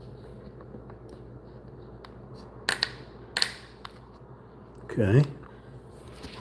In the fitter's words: You heard the clickies.